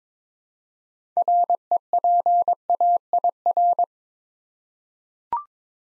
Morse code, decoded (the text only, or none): REPAIR